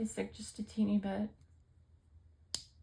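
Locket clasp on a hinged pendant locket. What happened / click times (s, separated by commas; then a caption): A small metal clasp clicked open / 2.5 s. Someone talks while handling the metal clasp of a modern-day hinged pendant locket, one of a set of four that stick just a bit. After a quiet pause, the clasp releases with a single sharp, loud click at 2.6 s, though it could be the clasp opening or snapping shut.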